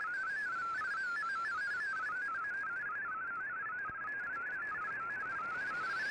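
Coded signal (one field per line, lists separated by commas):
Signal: multi-tone FSK (Olivia or MFSK type)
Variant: MFSK32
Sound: rapid stepping warbling tone jumping between pitches, continuous over background hiss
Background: radio static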